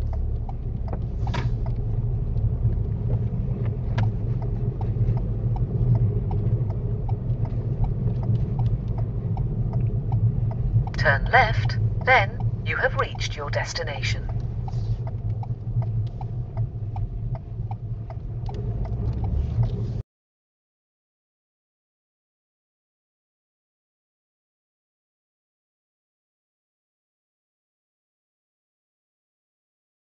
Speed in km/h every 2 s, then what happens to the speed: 11, 16, 18, 16, 13, 10, 10, 8, 6, 11, 16, 15, 15, 13, 8.
0-5 speeds up to 18. 5-16 slows to 6. 16-19 speeds up to 16. 19-24 steady at about 15. 24-30 slows to 8.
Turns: none.